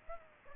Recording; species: mosquito wingbeat signal from an infrared sensor; Aedes aegypti